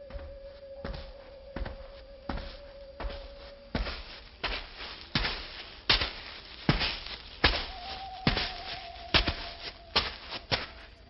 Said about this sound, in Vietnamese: đột nhiên lại nghe thấy phía sau có tiếng bước chân người.